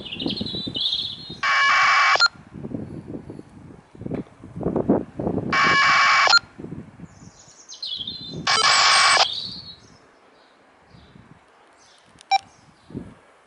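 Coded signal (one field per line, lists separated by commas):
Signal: packet radio (AX.25, as in APRS)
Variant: 1200 baud AFSK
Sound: three short harsh warbling data bursts, each under a second, separated by outdoor ambience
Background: birdsong, outdoor ambience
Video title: ISS-APRS with TH-D72 + MFJ-1714 The Long Ranger 2 Meter ½ wave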